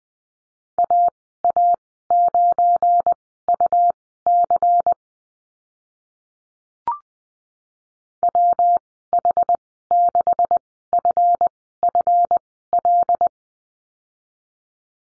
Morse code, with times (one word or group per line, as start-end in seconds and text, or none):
0.8-4.9 AA9UC
8.2-13.3 WH6FFL